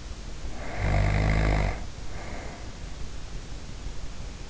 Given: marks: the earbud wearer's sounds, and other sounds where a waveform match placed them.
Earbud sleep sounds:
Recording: sounds in sleep by an in-ear microphone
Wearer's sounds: snoring breath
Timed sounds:
0.22-3.05 s: snoring breath

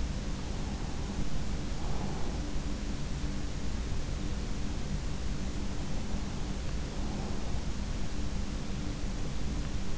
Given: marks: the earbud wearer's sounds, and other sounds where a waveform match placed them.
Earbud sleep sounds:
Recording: sounds in sleep by an in-ear microphone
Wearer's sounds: breath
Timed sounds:
0.00-2.75 s: breath
5.20-7.77 s: breath

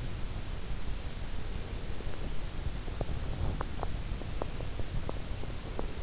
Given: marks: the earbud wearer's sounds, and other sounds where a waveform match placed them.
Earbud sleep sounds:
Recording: sounds in sleep by an in-ear microphone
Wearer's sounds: teeth grinding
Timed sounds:
2.32-6.03 s: teeth grinding

